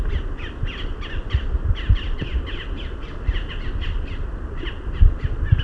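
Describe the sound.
Bird calls, a quick run of short rasping notes, several each second, set against steady deep rumbling noise.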